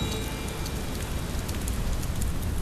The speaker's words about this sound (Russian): И тогда, быть может, тоже шел дождь. И так же сладко пахло мокрым камнем, черепицей и еще чем-то неуловимым.